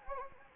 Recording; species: mosquito wingbeat signal from an infrared sensor; Anopheles gambiae